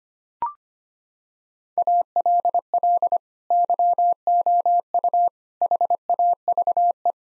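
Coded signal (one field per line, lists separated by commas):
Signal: Morse code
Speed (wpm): 25 wpm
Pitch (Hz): 700 Hz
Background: none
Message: ALL YOU HAVE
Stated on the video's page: Morse practice sending sets of 8-word groups at 25 wpm for head-copy, each set sent, spoken, then sent again.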